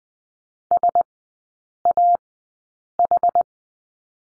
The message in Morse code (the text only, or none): SAH